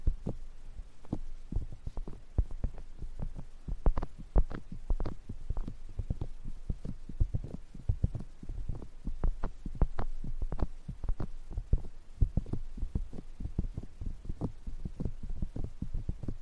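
Ear tapping: soft, dull thumps repeat in a quick, uneven stream for the whole clip, several per second. Each tap is short and low, with a brief brighter click on some. A faint low hum sits underneath throughout.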